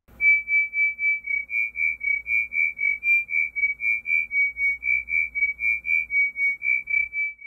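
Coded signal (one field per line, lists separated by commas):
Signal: multi-tone FSK (Olivia or MFSK type)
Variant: THROB4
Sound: rapid rhythmic throbbing tone around 2.3 kHz, pitch shifting slightly between pulses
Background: low hum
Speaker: it does sound pretty weird in fact here's what it sounds like if you heard this right here let's call it throb for sounds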